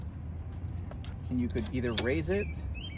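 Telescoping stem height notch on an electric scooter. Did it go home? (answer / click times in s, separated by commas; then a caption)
no / none. The telescoping stem height notch on an electric scooter is being handled as someone adjusts the stem height, with faint handling sounds and someone talking over a low background rumble. The stem has three notches so it locks into place, but nothing has seated or clicked yet by the end of the clip.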